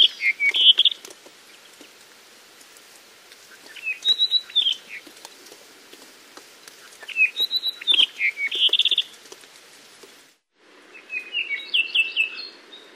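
Apapane song in four separate phrases of rapid whistled and buzzy notes, each lasting one to two seconds, over a steady background hiss.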